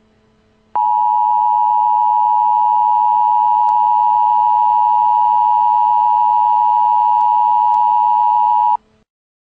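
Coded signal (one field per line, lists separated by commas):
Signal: Emergency Alert System (SAME) tones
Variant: 853 and 960 Hz attention tone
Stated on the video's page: Recreated EAS alert for an Amber Alert in Maryland.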